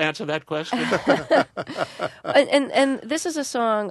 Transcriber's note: soundbite of laughter